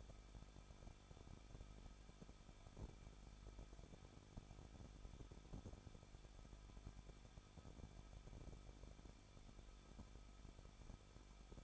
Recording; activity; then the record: daily activity, microphone in the room; no activity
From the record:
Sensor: 5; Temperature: 20.8 degrees Celsius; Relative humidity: 38.5%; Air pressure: 1006.5 hPa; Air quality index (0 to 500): 190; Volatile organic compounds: 20 ppm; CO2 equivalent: 2677 ppm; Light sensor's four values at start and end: 2/3/1/1 and 2/3/1/1